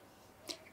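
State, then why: Seated. A plastic attachment is twisted onto the nozzle of a hair dryer by its clips, and a short, soft click at 0.5 s shows it has locked on. The rest of the clip is quiet, with no talk.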